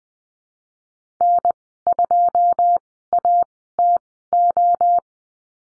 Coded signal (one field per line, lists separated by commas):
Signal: Morse code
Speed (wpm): 20 wpm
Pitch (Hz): 700 Hz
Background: none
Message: N2ATO